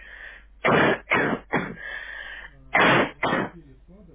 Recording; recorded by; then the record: voluntary cough; telephone call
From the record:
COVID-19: negative